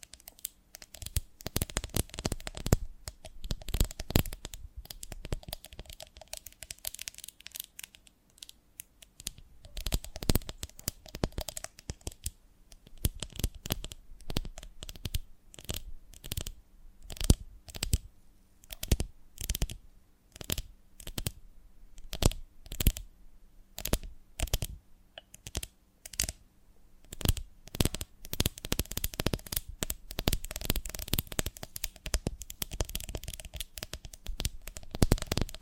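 Honeycomb on a branch being handled, giving dense bursts of crisp crackling, snapping and rustling through the whole recording. The clicks come in quick irregular clusters with short quiet gaps, brightest around the middle, over a faint low steady hum.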